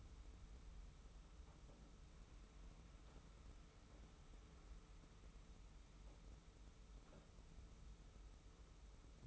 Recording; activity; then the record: daily activity, microphone in the room; wipe stove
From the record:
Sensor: 1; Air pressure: 991.4 hPa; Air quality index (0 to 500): 131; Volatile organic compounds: 417 ppm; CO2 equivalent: 4699 ppm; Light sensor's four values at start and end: 41/126/50/52 and 41/126/50/52